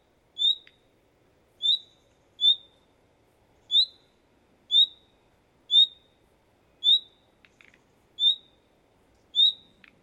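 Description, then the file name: Common nightingale giving high, clear whistled notes that rise then flatten, repeated at irregular intervals of about one second, with faint background hum. "Luscinia megarhynchos"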